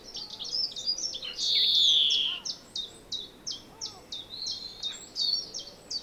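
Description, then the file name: European greenfinch twittering in short chirps, then a drawn-out buzzy wheeze falling in pitch, followed by more chirps. "Chloris chloris"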